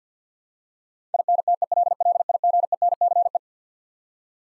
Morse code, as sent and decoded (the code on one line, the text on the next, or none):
.. -. - . .-.. .-.. .. --. . -. -.-. .
INTELLIGENCE